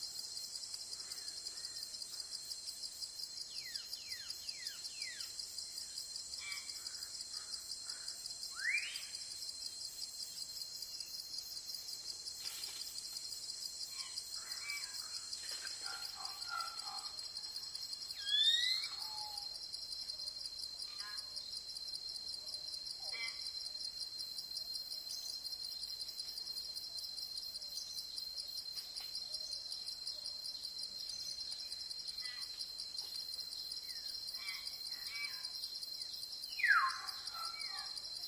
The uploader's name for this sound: Sound in the forest